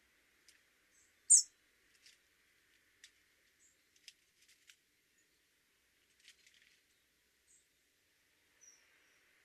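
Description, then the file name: European robin with one sharp, very high call note early on, followed by scattered faint ticks and clicks over a quiet background. "Erithacus rubecula"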